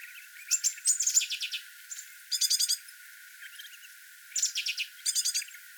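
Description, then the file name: Great tit calls: sharp high chattering bursts in four short clusters, rapidly repeated, with quiet pauses between them. "Parus major"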